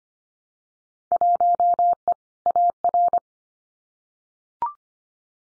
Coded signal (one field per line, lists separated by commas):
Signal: Morse code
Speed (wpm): 25 wpm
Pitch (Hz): 700 Hz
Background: none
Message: 1E AR